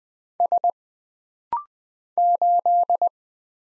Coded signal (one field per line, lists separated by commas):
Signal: Morse code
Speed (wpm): 20 wpm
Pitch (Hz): 700 Hz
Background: none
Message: S 8